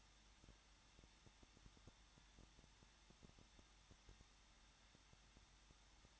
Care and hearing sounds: daily activity, microphone in the room; no activity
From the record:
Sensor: 3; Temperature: 21.2 degrees Celsius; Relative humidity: 36.4%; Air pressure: 1006.3 hPa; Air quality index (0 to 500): 223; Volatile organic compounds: 43 ppm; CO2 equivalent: 3191 ppm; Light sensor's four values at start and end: 2/3/2/2 and 2/3/2/2

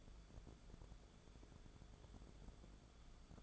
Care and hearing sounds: daily activity, microphone in the room; take from stove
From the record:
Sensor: 5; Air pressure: 1010.4 hPa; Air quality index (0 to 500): 109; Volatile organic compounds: 2 ppm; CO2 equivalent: 1075 ppm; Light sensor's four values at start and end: 553/1403/583/668 and 546/1397/578/664

